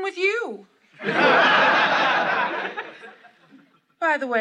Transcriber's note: laughter